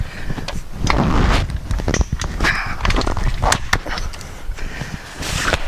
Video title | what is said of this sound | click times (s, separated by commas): Industrial Pop Up Shelter Gazebo 3x3 Size 50mm Frame | So that's one locked. | 3.7 s